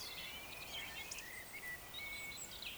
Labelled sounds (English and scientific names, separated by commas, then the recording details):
Eurasian Woodcock (Scolopax rusticola)
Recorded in Baden-Württemberg, Germany, on 27 June 2020 at 02:40 UTC
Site 43791, 788 m above sea level